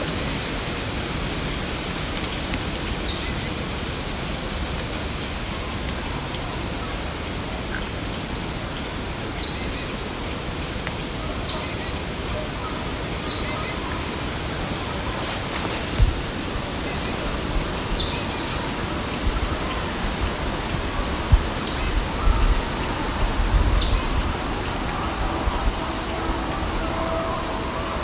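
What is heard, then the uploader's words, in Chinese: Forest ambience in Ille-et-Vilaine, France: a steady, dense hiss and low rumble, like road noise, holds throughout. Faint, high bird chirps come every few seconds, and a few soft knocks and rustles occur around the middle and later. Mensil Forest，Tronchet，Ille-et-Vilaine，法国。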